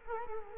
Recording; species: mosquito wingbeat signal from an infrared sensor; Culex quinquefasciatus